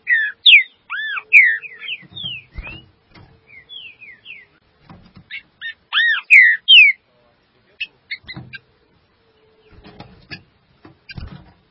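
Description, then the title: Green-winged saltator song of rich, swooping whistled notes in two loud bursts, separated by softer chirps, clicks and tapping. "Trinca Ferro"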